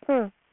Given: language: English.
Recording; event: throat vibration sensor signal played as sound; speech